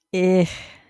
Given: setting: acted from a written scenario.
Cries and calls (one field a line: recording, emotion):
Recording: vocal sound without words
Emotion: embarrassment